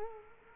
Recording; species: mosquito wingbeat signal from an infrared sensor; Culex quinquefasciatus